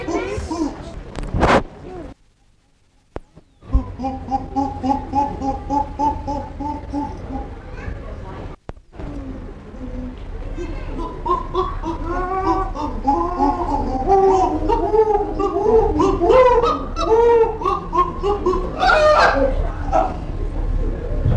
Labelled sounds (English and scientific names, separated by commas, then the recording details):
Chimpanzee (Pan troglodytes)
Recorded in captivity
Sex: diverse
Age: juvenile
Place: Tierpark Berlin, Berlin, DE
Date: 1960-09-14 11:30
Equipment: Reporter (Vollspur), Abstand ca. 10 m
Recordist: Tembrock, Günter